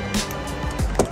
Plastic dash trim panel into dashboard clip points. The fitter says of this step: should click right in just like the factory